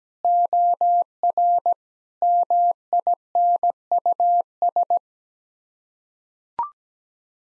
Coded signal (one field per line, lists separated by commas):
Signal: Morse code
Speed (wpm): 17 wpm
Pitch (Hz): 700 Hz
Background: none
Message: OR MINUS